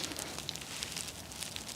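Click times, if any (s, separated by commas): none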